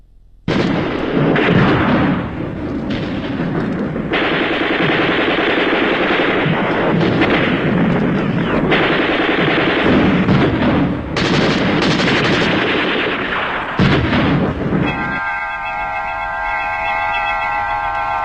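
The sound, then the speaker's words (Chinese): Relentless gunfire and booming artillery cannon fire during the battle for the city of Jinzhou blend into a loud, dense barrage of rapid bursts and heavy blasts, with a sustained rumbling roar underneath and no voices. “飞鸟早已习惯了枪声炮声，习惯了硝烟弥漫的天空，他们却不曾见识过整个一座城市在颤栗着、摇撼着、倾斜着、旋转着。”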